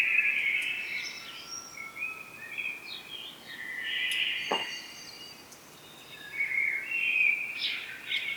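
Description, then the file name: Common blackbird song of repeated warbled fluty phrases mixed with scratchy high twitters, one sharp click in the middle, and constant faint hiss. "Turdus merula"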